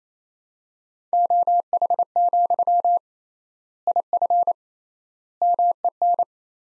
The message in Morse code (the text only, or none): OH, IF MEN